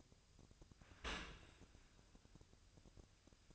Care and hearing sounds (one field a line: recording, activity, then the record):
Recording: daily activity, microphone in the room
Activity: open dishwasher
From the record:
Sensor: 2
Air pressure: 1003.0 hPa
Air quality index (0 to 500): 198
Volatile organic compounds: 6 ppm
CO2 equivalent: 1882 ppm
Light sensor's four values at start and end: 24/58/25/28 and 24/58/25/28